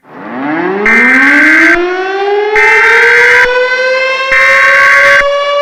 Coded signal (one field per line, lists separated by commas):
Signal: Emergency Alert System (SAME) tones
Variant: header bursts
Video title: EAS scenario: entity mouse